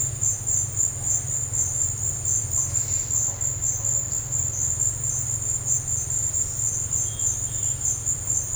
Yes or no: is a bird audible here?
no